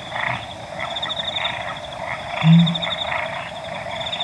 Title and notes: Pel's Fishing Owl At Dawn. August 15 2015, 4:01 AM. Okavango Panhandle. Brian House. Okavango Wilderness Project